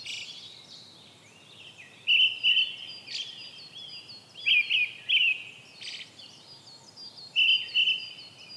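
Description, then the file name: Brown-headed thrush singing loud whistled phrases of two or three notes with pauses between. "akahara"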